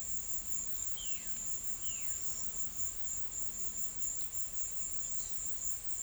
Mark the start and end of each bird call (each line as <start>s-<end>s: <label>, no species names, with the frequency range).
0.92s-2.18s: bird call (1.2-3.6 kHz)